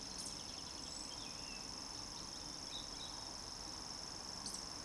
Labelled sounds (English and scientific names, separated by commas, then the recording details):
Eurasian Woodcock (Scolopax rusticola) whistle
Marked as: whistle, whistle
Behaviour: display flight
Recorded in Baden-Württemberg, Germany, on 30 June 2020 at 19:55 UTC
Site 46046, 702 m above sea level